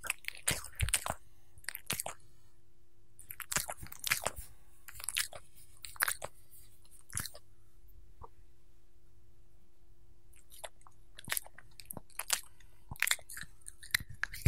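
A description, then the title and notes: A dog eats and licks while being petted, with sharp crunchy bites and wet smacking sounds in irregular bursts. Activity clusters at the start and again after about ten seconds, with a quieter pause in the middle. A faint steady hum runs underneath throughout. ASMR Petting My Dog - Scratching, Licking, and Eating Sounds.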